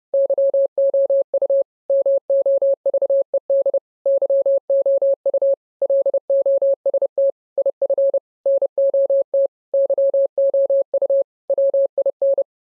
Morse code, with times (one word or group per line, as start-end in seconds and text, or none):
0.1-1.6 YOU
1.9-3.8 MOVED
4.1-5.5 YOU
5.8-7.3 LOST
7.6-8.2 IF
8.5-9.5 NOT
9.7-11.2 YOU
11.5-12.4 WIN